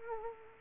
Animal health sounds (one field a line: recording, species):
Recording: mosquito wingbeat signal from an infrared sensor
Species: Culex quinquefasciatus